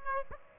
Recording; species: mosquito wingbeat signal from an infrared sensor; Aedes aegypti